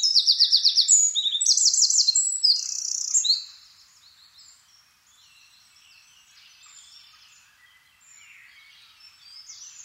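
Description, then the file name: Eurasian wren delivers a loud burst of rapid high trills for over three seconds, then only faint twittering remains. "Troglodytes troglodytes"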